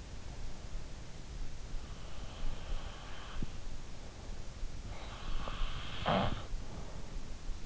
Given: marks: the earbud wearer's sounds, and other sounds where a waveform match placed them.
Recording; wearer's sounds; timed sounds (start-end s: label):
sounds in sleep by an in-ear microphone; breath, snoring breath
1.25-3.71 s: breath
5.36-6.96 s: snoring breath